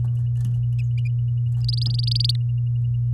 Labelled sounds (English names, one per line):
Domestic Canary song